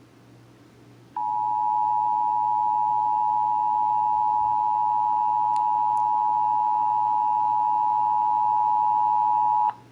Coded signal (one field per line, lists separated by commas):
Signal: Emergency Alert System (SAME) tones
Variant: 853 and 960 Hz attention tone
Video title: (EAS #589) Severe Thunderstorm Warning (KSCS-FM)